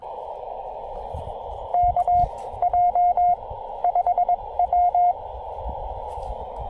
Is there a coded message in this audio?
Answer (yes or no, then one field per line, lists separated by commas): yes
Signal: Morse code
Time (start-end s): 1.7-5.1 s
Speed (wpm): 20 wpm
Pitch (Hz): 710 Hz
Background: radio noise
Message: KJ5W